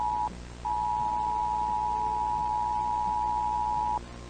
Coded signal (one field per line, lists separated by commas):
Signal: Emergency Alert System (SAME) tones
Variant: 853 and 960 Hz attention tone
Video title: BBC EAS Scenario - Y2K Bug (2000)